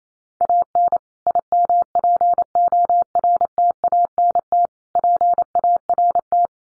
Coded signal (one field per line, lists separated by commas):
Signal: Morse code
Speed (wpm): 28 wpm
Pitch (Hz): 700 Hz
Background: none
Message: AN IMPORTANT PART